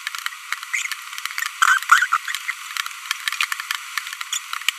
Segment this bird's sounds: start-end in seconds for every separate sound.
0.73-0.86, 1.62-1.77, 1.89-2.05, 2.12-2.17, 4.33-4.37